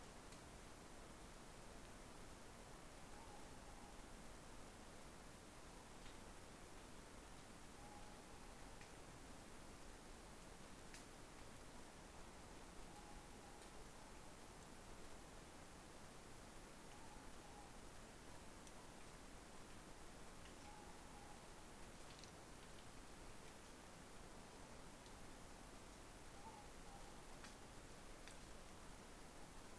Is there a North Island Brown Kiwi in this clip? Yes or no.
no